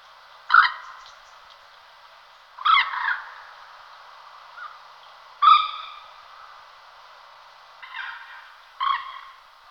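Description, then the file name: Common moorhen giving loud, harsh, explosive croaking calls, five separate bursts spaced irregularly a couple of seconds apart, with quiet pauses between. "Slipka zelenonoha Gallinula chloropus"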